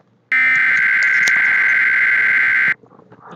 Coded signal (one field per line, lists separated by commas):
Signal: Emergency Alert System (SAME) tones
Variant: header bursts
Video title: EAS alerts for your radio [SEASON 1 EPISOIDE 1 PREMIERE!!]